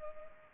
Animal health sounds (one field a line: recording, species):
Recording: mosquito wingbeat signal from an infrared sensor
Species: Culex pipiens